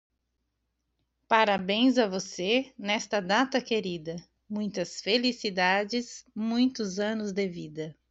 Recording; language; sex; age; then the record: short text; Brazilian Portuguese; female; 40 to 49 years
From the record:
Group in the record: control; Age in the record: 43 years